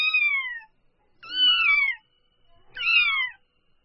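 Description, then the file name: Domestic cat: kitten crying in three high, downward-sliding mews, each under a second long, spaced by short silences. Newborn kitten calling. "Tieng meo con moi de keu"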